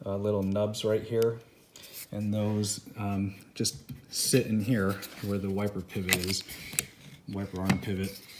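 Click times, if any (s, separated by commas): none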